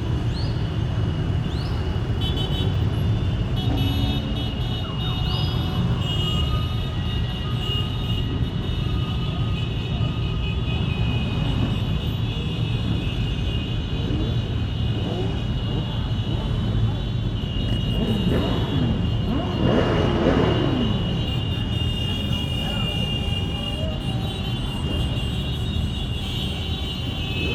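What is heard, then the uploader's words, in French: A motorcycle parade passes along a Paris boulevard, a dense, continuous rumble of engines that holds steady for the whole stretch. Revving swells rise and fall throughout, with a stronger surge around the twentieth second, and faint voices occasionally surface through the din. Enregistrement d'un défilé de motards boulevard de la Villette à Paris en mars 2012. Défilé de motards à Paris.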